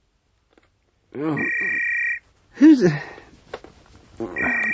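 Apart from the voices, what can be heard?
telephone ringing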